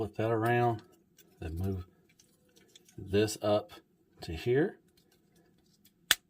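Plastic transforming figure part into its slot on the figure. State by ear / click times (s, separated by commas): seated / 6.1 s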